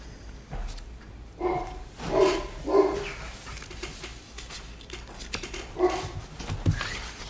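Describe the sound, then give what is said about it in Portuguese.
A female dog barks excitedly in a quick series of sharp, mid-pitched barks, a cluster early on and another burst near the end, with softer whimpering sounds and background noise in between. “Pô, minha cachorra está histérica hoje, não sei o que viu nela.”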